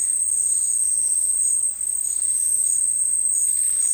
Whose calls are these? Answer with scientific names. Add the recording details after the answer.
none. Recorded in dense forest near Puerto Asís, Putumayo, Colombia, on 18 February 2024 at 11:00. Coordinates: 0.484, -76.317. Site G6464